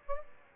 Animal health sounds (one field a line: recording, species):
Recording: mosquito wingbeat signal from an infrared sensor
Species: Aedes aegypti